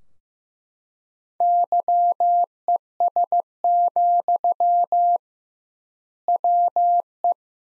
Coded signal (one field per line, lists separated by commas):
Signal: Morse code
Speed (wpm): 16 wpm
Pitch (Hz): 700 Hz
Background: none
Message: YES, WE